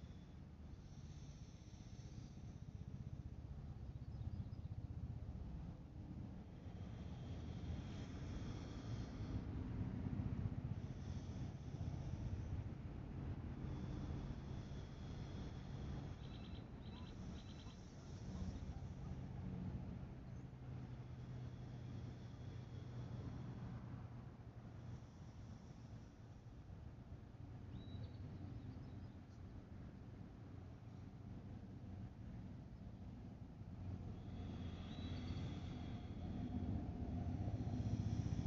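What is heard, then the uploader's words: Sounds from the lake: a steady low rumble and wind buffeting fill the whole recording, with a faint engine-like hum running underneath. The loudness swells gently every few seconds, and brief bright chirps or squeaks appear now and then, most clearly around 16 and 35 seconds. Sounds from the lake.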